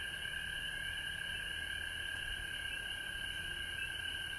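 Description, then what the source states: Frogs calling in a dense, unbroken chorus, steady high trilling layered at two pitches, with a faint high hiss above. Recorded at home in Georgia on March 19, 2020.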